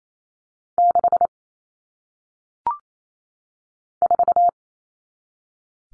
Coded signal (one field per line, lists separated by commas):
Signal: Morse code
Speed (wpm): 28 wpm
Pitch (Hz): 700 Hz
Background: none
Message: 6 4